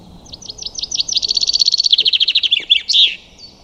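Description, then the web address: Common chaffinch song, a quick cascade of sharp notes speeding into a dense, slightly falling trill and closing with an emphatic terminal flourish. "Deverinetal 2025 File origin Bird Only Fr Co"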